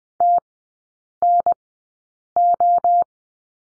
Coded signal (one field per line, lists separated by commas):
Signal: Morse code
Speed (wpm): 19 wpm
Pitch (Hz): 700 Hz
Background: none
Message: TNO